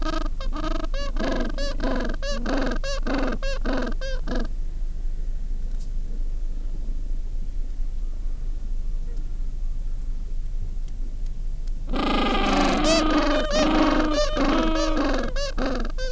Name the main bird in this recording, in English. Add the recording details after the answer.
Gentoo Penguin. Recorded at the colony at Selvic Cove, Antarctica, on 13 December 2015. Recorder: Song Meter SM2+